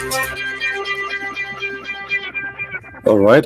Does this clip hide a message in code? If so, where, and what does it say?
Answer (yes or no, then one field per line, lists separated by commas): no